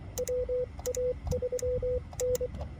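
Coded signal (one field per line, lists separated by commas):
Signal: Morse code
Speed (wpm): 23 wpm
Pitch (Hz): 500 Hz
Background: none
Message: WA3N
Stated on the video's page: CW during a marathon park activation, Xiegu G90 with Putikeeg key and 17-foot steel whip on a truck-bed stud mount.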